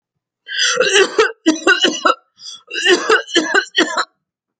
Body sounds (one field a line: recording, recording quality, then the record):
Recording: heavy voluntary cough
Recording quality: excellent, no background noise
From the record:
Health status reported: healthy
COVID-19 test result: negative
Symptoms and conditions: none ticked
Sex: female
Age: 46 years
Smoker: not ticked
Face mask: not worn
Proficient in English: yes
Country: United States